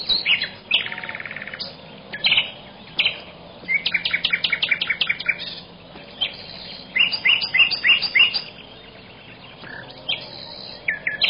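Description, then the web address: Bird chirps in scattered bursts of short, high notes, including several quick series. "animali uccelli uccelli birds"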